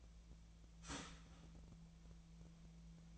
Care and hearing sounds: daily activity, microphone in the room; start toaster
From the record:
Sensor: 1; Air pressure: 1009.3 hPa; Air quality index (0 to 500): 195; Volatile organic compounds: 19 ppm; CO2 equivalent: 2666 ppm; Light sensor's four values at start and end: 27/70/29/34 and 27/70/29/34

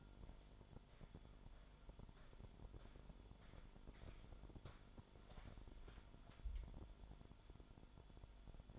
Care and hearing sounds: daily activity, microphone in the room; walk to room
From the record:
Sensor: 5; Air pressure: 1008.3 hPa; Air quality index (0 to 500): 127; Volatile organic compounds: 2 ppm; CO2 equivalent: 978 ppm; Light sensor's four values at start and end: 37/86/34/33 and 36/83/33/32

